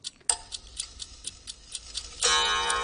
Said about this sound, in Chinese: 滴答滴答嘅声音，话俾你听，天光啦，就嚟。